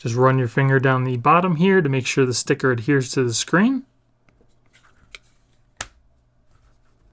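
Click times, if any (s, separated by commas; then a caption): 5.1 s, 5.8 s. Someone talks for about the first four seconds, then it goes quiet as the thin plastic back cover of a protective case for a folding flip phone is pressed onto the phone. Faint handling ticks lead to two sharp clicks at 5.2 s and 5.8 s, the second the loudest, as the back cover clips into place just as easily as the front part snapped on. The cover is seated on the phone.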